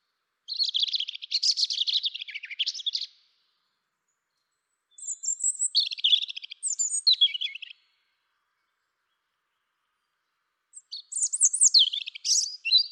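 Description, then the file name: European robin in full song, three distinct phrases of sweet, high, rapidly changing notes and twittering trills, separated by pauses of a few seconds. "Erithacus rubecula"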